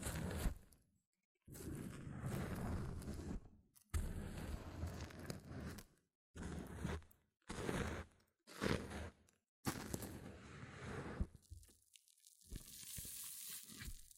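Close, crackly hair mousse sounds come in separate bursts: thick squishing and popping foam with short silent breaks between, some bursts lasting a couple of seconds, others brief. Near the end a bright, thin fizzing hiss rises steadily and fades.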